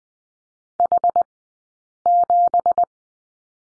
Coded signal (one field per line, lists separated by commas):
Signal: Morse code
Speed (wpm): 19 wpm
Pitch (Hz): 700 Hz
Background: none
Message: H7